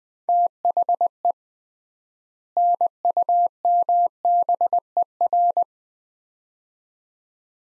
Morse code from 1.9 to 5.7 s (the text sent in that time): NUMBER